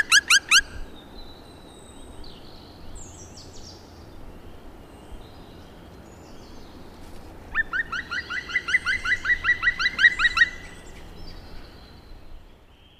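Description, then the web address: Black woodpecker calling: a short burst of four ringing notes, then a long run of many quick, loud notes over steady background noise. "agykontroll Madardalok Cd 1. Fekete harkály"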